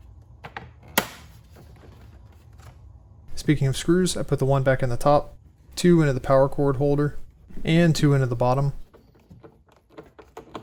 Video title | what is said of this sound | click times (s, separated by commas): How to Replace Bissell Spotclean Pro Hose | It should all snap in place and sort of hold itself together even before the screws are put back in. | 0.4 s, 0.6 s, 1.0 s